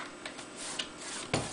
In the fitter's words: so it kind of clicks into place nicely